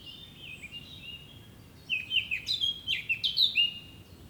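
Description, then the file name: Eurasian blackcap song: a faint, soft warble at first, then a louder burst of quick, varied fluty notes and twitters for about two seconds before it stops. "Sylvia atricapilla"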